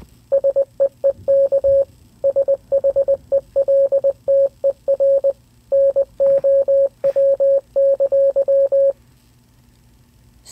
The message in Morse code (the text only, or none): SEEK SHELTER NOW!